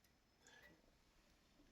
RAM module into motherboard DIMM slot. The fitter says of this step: guy's not seated all the way so you've got to make sure that these guys click